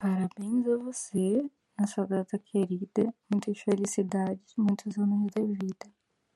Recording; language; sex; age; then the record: short text; Brazilian Portuguese; female; 20 to 29 years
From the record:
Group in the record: control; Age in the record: 25 years